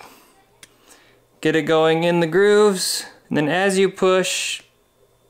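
A new disposable steel scalpel-style blade is lined up in the grooves of a folding knife's blade holder and pushed on. Faint handling noise with a small tick near 0.6 s is followed by someone talking from about 1.4 s to 4.6 s. The blade has not snapped into place by the end of the clip; nothing has seated yet.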